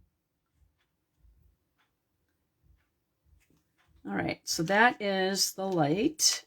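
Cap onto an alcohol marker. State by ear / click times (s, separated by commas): not seated / none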